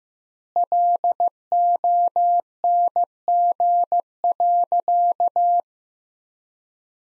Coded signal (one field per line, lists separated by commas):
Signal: Morse code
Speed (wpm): 16 wpm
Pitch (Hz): 700 Hz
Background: none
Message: LONG.